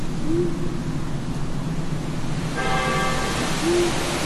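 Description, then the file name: Owl giving two brief low hoots, with a ringing bell-like tone with layered overtones entering midway, all over heavy wind noise. Night graveyard ambience with wind, an owl and a church bell; horror sound effect. "zapsplat. horror gravyard ambience night wind owl church bell"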